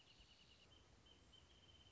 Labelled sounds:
Wrentit
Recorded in Sonoma County, California

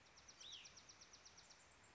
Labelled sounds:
Hutton's Vireo
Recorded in Sonoma County, California

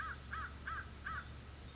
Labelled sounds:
American Crow
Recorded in Sonoma County, California

